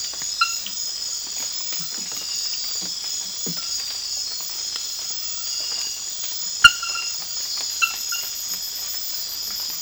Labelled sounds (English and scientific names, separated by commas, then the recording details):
none
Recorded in secondary vegetation near Puerto Asís, Putumayo, Colombia, on 8 March 2025 at 00:00
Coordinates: 0.498, -76.327
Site G001